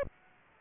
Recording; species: mosquito wingbeat signal from an infrared sensor; Aedes aegypti